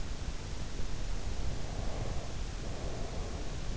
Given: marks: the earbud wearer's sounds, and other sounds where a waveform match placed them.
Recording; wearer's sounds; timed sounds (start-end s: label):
sounds in sleep by an in-ear microphone; breath
1.42-3.65 s: breath